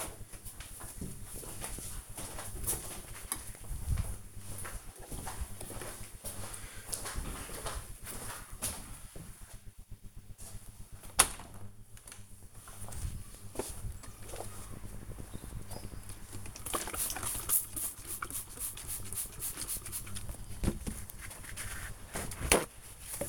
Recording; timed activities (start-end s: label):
household activities, microphone on the right wrist
10.58-23.29 s: window cleaning